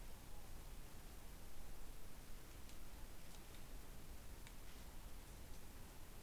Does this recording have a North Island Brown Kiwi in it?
no